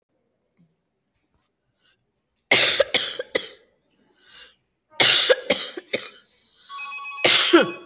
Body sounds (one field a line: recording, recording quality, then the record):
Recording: heavy voluntary cough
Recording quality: excellent, no background noise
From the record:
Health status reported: recovered from COVID-19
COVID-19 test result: positive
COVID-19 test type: rapid antigen test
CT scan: not taken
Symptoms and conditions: cough, cold, sore throat, fever, muscle pain, diarrhoea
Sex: female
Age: 43 years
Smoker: no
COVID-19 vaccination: both doses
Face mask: worn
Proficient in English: yes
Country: India